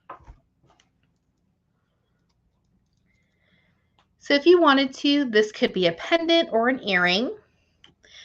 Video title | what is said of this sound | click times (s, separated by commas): DIY EASY way to make a beaded Sun Catcher or Home Decor Ornament using #softflexcompany Beading Wire | and give it a close, and you'll hear that little click. | 0.1 s